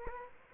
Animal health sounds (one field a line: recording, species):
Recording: mosquito wingbeat signal from an infrared sensor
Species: Culex quinquefasciatus